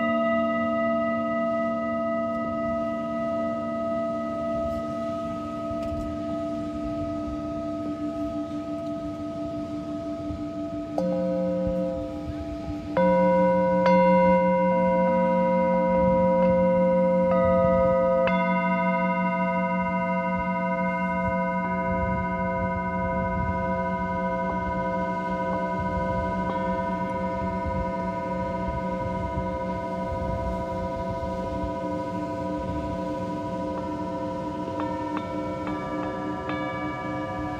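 Singing bowls ring in long, overlapping tones that hum and shimmer steadily. Around eleven and thirteen seconds a new bowl is struck, its sound swelling brighter and fuller before slowly fading, with further gentle strikes layering in later.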